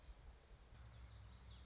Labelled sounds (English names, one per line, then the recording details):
Common Yellowthroat
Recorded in Sonoma County, California